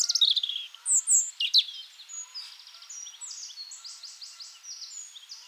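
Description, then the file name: European robin song with loud high sliding notes first, then a softer run of thin, quickly repeated twittering notes. "Erithacus rubecula"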